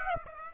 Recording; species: mosquito wingbeat signal from an infrared sensor; Aedes aegypti